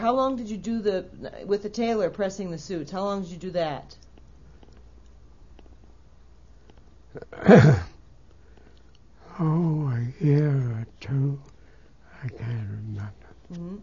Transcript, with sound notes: How long did you do, with the tailor, pressing the suits? How long did you do that?
( he clears his throat ) Oh, a year or two. I can't remember.